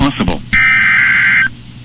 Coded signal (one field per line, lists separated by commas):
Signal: Emergency Alert System (SAME) tones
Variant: header bursts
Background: speech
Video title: EAS Wind Chill Warning on KIG86 from Pittsburgh for Historic Pre-Christmas Blizzard 12-22-2022